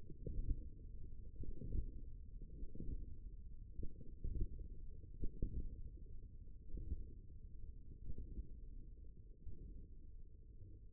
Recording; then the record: forearm muscle sounds (acoustic myography)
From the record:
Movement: hand closing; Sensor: system 1, eight BSWA MPA416 microphones around the upper forearm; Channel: 3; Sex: male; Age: 54 years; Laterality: right